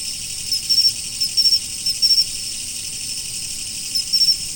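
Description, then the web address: Autumn insect chorus: a steady high ringing background with clusters of fast, stuttering chirps at irregular intervals. "nature 01 autumn insects"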